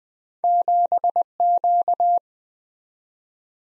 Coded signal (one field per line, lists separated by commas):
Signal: Morse code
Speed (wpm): 20 wpm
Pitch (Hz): 700 Hz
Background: none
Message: 7Q